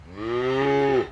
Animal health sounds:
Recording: contact call of a hoofed animal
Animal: cattle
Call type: low-frequency (closed-mouth) or high-frequency (open-mouth) call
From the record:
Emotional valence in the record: negative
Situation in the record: full separation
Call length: 1.12 s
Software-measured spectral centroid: 1430 Hz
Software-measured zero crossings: 1260 a second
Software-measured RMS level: -23 dBFS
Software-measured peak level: -10 dBFS

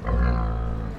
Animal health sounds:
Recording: contact call of a hoofed animal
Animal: wild boar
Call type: grunt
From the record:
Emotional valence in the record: positive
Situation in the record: food anticipation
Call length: 0.98 s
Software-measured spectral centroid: 990 Hz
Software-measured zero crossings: 520 a second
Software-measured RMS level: -24 dBFS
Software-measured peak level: -12 dBFS

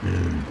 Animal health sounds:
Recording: contact call of a hoofed animal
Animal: wild boar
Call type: grunt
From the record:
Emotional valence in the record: positive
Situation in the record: food anticipation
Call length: 0.51 s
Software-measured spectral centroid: 1660 Hz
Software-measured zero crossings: 830 a second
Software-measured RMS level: -24 dBFS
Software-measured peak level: -14 dBFS

